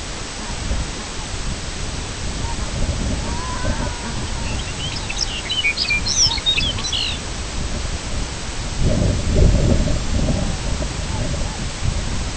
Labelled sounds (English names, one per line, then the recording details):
unidentified sound
Red-throated Loon
Lapland Longspur
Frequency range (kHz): Red-throated Loon 0.4-2.1 kHz; Lapland Longspur 1.8-6.9 kHz
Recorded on Arctic tundra, site IGLO-B, on 23 June 2018
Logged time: 13:59